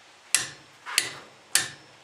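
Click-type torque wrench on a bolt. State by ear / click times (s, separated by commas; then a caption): torque reached / 0.3 s, 1.6 s. A click-type torque wrench on a socket and bolt is pushed until it reaches its set torque. Sharp clicks ring out at 0.3 s and 1.6 s, with a weaker sharp sound at 1.0 s between them. The clicks confirm the bolt is torqued to spec.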